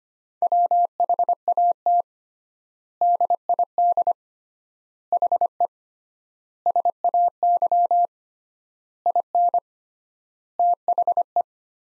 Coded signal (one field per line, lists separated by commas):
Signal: Morse code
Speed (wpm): 25 wpm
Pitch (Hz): 700 Hz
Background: none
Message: WHAT DID HE SAY IN THE